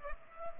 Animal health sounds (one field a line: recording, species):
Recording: mosquito wingbeat signal from an infrared sensor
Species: Culex pipiens